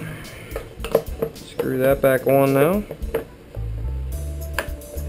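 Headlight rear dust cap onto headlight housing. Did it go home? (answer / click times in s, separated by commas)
yes / 4.6 s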